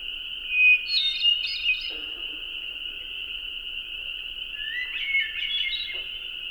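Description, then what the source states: Hermit thrush singing two short fluty, warbling phrases a few seconds apart, partly masked by a constant high droning hum. Recorded at dusk; song given along with calls.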